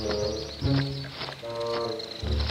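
birds calling

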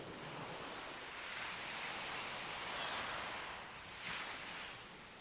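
ocean waves surging

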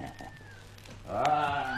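horse neighing

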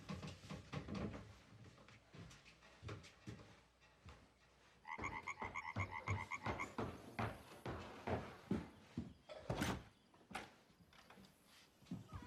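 door being opened

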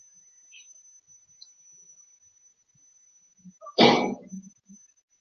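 sneeze

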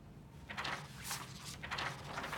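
door opening

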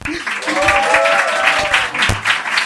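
audience applause

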